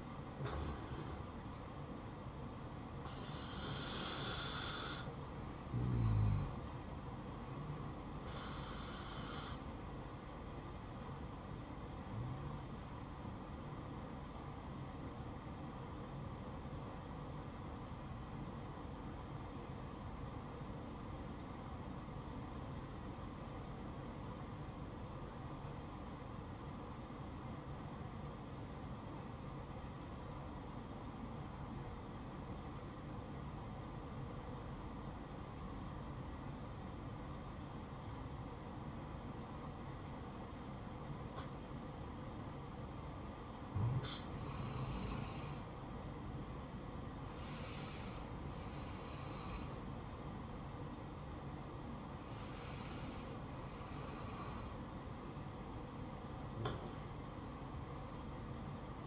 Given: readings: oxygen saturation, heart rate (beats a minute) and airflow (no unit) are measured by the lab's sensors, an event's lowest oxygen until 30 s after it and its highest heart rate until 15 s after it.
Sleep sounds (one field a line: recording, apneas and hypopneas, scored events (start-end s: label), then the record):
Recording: breathing in sleep by a smartphone at the bedside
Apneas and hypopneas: 1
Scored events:
14.00-45.30 s: obstructive apnea (N2, oxygen 95% highest, then 86% lowest, heart rate 63 at the start, 75 highest)
57.00-59.07 s: new sleep stage, N1 (lightest sleep)
From the record:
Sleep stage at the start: N2 (light sleep)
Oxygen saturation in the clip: 87 to 95%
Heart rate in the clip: 58 to 75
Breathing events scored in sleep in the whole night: 573 in 9.8 hours asleep